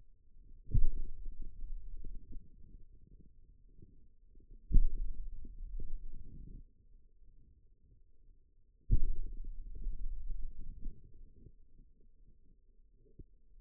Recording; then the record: forearm muscle sounds (acoustic myography)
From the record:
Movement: pen grasping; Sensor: system 2, bracelet of six BSWA MPA416 microphones around the upper forearm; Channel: 1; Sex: male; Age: 22 years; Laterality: right